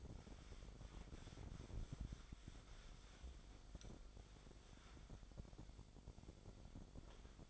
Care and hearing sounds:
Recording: daily activity, microphone in the room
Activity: wipe stove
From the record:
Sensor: 5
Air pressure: 1007.2 hPa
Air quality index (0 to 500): 174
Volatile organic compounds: 4 ppm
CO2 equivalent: 1668 ppm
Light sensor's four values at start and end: 54/146/58/59 and 54/144/58/58

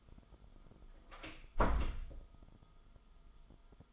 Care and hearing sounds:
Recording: daily activity, microphone in the room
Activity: close door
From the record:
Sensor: 5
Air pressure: 1005.0 hPa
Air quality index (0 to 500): 104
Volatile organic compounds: 2 ppm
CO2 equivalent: 1275 ppm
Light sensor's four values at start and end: 35/81/33/32 and 35/82/33/32

